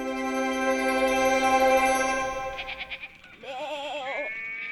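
Goats bleat in a series of calls: a long, steady, nasal cry, then a shakier, quavering bleat, ending on a shorter higher call. No voices are heard.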